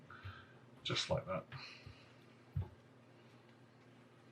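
Someone works around the edge of a replacement touchscreen digitizer and LCD assembly on a Samsung Galaxy Tab E 9.6" T560 (SM-T560), pressing it down so its plastic clips snap into the tablet frame. Someone talks, with a short low thump near 2.6 seconds. Nothing has seated or clicked yet.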